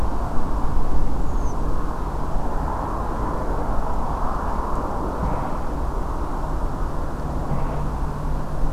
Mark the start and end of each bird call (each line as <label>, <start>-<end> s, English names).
Redwing, 1.21-1.54 s